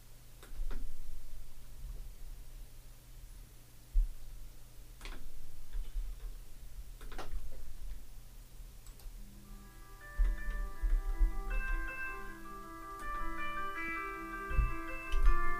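A clock ticks steadily for several seconds, then an alarm clock set for the afternoon siesta starts ringing with a bright, repeating electronic tone pattern that pulses over a low hum, with no one speaking.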